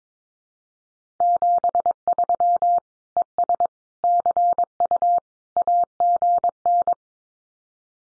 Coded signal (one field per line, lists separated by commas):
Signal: Morse code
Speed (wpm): 22 wpm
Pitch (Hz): 700 Hz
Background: none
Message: 73 ES CU AGN